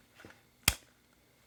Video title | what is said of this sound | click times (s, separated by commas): S12aE24 - Carburetor Replacement on a STIHL® MS271 Chainsaw | there we go now you hear that click again so that's working correctly so | 0.7 s